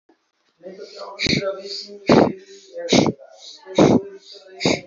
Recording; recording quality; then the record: shallow breathing; excellent, no background noise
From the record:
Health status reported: healthy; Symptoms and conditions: none ticked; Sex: male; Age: 21 years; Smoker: not ticked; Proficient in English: yes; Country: India